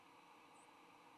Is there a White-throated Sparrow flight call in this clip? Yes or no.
no